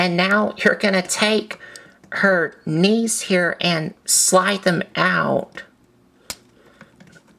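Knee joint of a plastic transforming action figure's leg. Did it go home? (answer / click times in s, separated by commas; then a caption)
yes / 6.3 s. Someone talks while the knee sections of a plastic transforming robot action figure's legs are slid out. A sharp click at 6.3 s marks the knee joint locking into place, followed by a few faint small ticks.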